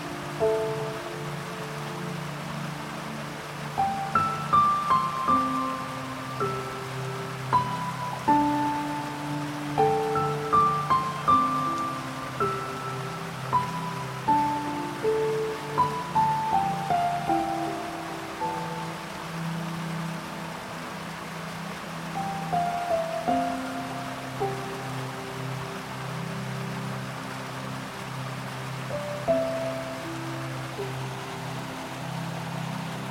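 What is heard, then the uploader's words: A slow piano melody plays over a steady rush of flowing water and a waterfall. The notes fall gently in unhurried phrases, with a soft low accompaniment, while the water's even hiss fills the background throughout without change. Relaxing Piano Music, Flowing River & Waterfall Sounds For Sleep.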